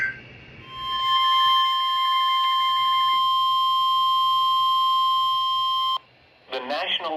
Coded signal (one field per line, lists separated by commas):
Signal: Emergency Alert System (SAME) tones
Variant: 1050 Hz attention tone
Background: speech, music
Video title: Spooky DANGEROUS THUNDERSTORMS [EAS Alerts 77 - 85] 10/25/21